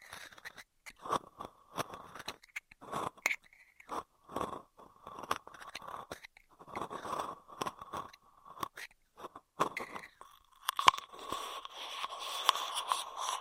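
Straw sounds in short, crackly bursts, like plastic being crinkled, squeezed and scraped, with sharp clicks scattered throughout. Bursts come irregularly every half second or so, with brief pauses, and a steady mid-pitched rustle fills in more continuously during the last few seconds.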